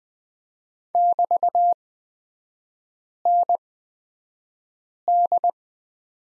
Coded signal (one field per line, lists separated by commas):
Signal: Morse code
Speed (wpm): 20 wpm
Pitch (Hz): 700 Hz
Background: none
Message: <BT>ND